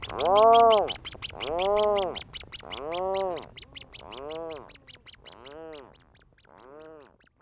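Rhinoceros auklet groaning calls: six arched moans that gradually fade in loudness.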